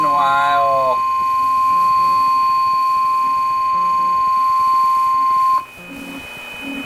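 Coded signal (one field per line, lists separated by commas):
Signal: Emergency Alert System (SAME) tones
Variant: 1050 Hz attention tone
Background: speech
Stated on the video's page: Real tornado warning EAS alert.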